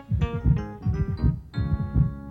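heartbeat

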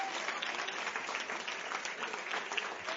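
audience applauding

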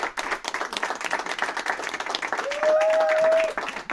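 audience applause

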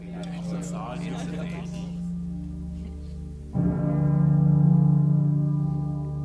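church bells ringing

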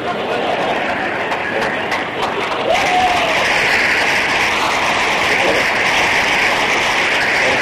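audience applause

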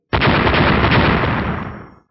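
loud explosion sound effect

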